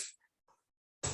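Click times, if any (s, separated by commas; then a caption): 1.1 s. A folding walker (rollator) is unfolded, and its frame lock snaps into place. A fading hiss opens the clip, followed by faint soft knocks around 0.2 and 0.5 seconds. A sharp, loud click at 1.1 seconds then rings on to the end as the frame locks open and becomes stable.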